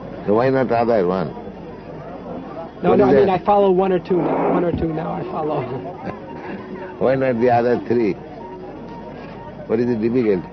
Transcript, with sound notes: So why not other one?
No, no, I mean I follow one or two now. One or two now I follow.
(laughs) Why not the other three? What is the difficulty?